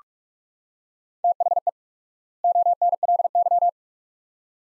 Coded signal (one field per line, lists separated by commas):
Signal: Morse code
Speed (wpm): 46 wpm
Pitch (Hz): 700 Hz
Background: none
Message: THE ONLY